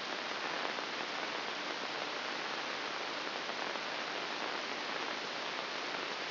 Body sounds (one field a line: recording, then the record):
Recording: brain microelectrode recording played as sound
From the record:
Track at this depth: inside the subthalamic nucleus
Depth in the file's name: 1.007 mm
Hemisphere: right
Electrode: 2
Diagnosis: Parkinson's disease